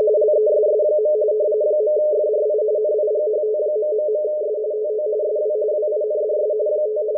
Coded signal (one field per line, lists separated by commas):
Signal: RTTY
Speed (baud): 45.45 baud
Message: LESS. .FRI NIGHT...S TO SW WINDS 5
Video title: WLO Marine weather RTTY decode at 8473 kHz